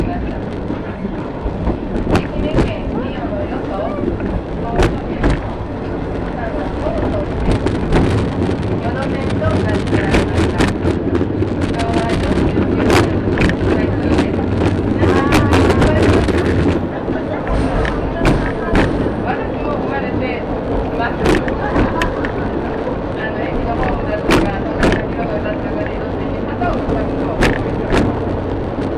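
A ride aboard the Shimanto Torokko 2 train between Ekawasaki and Tosa-Taisho on the Yodo Line. Voices talk steadily over a continuous low rumble, with frequent sharp clicks and knocks throughout. The low rumble swells heavier until about 17 seconds, then eases slightly.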